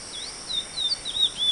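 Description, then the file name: Chestnut-bellied seed finch song: a run of high, sweet whistled notes, sliding and looping, over a steady high insect hum. Recorded 28 May 2011. "20110528"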